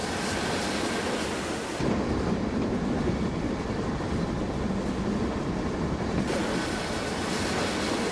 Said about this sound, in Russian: Поезд Андрея останавливается на полустанке.